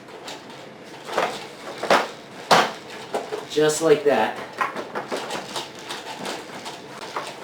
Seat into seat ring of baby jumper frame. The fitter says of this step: it until you hear snaps just like